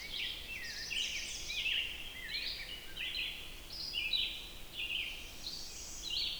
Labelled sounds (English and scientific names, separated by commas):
Red-eyed Vireo (Vireo olivaceus) song